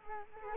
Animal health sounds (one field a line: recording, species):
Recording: mosquito wingbeat signal from an infrared sensor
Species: Culex quinquefasciatus